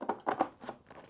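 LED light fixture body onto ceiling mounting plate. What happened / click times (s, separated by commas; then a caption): The cover is being pushed up but has not seated yet / none. An installer pushes the cover of a 24W, 12-inch flush mount LED ceiling light fixture with remote control upward onto its ceiling mounting plate, handling it into place. Short, light plastic knocks and scuffs are heard around 0.1, 0.3, 0.4 and 0.7 seconds, fading into soft rubbing. Nothing has seated or clicked yet.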